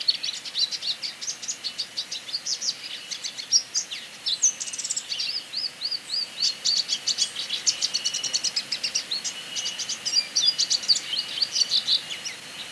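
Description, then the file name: Eurasian siskin song, a long unbroken stream of quick high twittering notes, repeated chirps and short rattling trills, growing denser after the midpoint. "Canto do Tarin"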